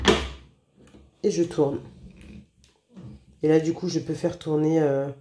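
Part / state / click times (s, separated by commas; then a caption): mixing tool into the stand mixer's drive socket / seated / 0.1 s. A mixing tool is pushed into the drive socket of a Kenwood Major Titanium stand mixer and engages with a sharp knock at 0.1 s, then is turned to lock. Someone talks afterwards. The attachment is seated.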